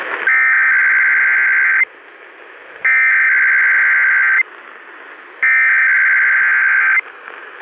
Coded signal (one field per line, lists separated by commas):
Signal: Emergency Alert System (SAME) tones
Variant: header bursts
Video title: KDKA EAS Test 8/29/2021 - EAS #106 (Ft. PittsburghEAS & Savagegamer2413)